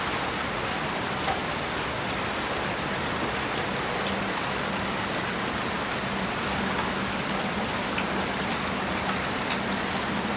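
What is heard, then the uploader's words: Steady rainfall hisses evenly throughout, a dense wash of drops with no pause or swell in loudness. Faint brighter ticks of individual drops surface now and then, and a soft low hum runs underneath, growing slightly clearer in the second half. Relaxing With the Evening Rain.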